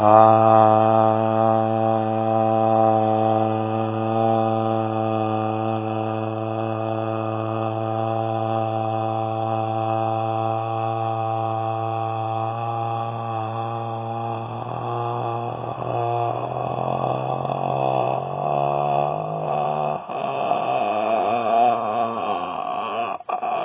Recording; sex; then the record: sustained vowel /a/; male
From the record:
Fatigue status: fatigue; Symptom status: symptomatic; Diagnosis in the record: COVID-19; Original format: 3gp